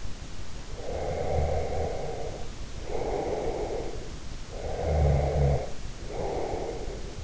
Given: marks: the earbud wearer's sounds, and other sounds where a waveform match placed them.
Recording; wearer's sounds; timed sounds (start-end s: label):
sounds in sleep by an in-ear microphone; snoring breath
0.41-4.27 s: snoring breath
4.61-7.24 s: snoring breath